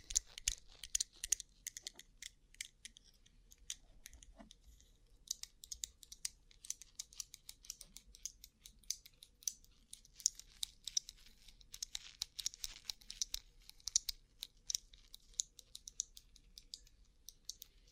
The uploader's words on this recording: ASMR Rhinestone Covered Tapping 3Dio (No Talking).